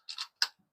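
The metal cocking lever (rotation mechanism) of a Weihrauch HW100KT .20 calibre air rifle is pushed forward to close the action after the magazine is loaded. A few scrapes are followed by a sharp, loud click at 0.4 s. The action is closed and seated, and the rifle is ready.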